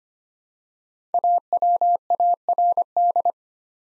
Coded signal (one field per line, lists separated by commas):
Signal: Morse code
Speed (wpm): 25 wpm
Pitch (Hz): 700 Hz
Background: none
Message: AWARD